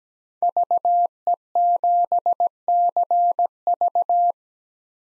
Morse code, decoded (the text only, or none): VE7CV